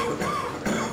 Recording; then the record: coughing mixed with background sound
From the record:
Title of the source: Wet Throat Infection Cough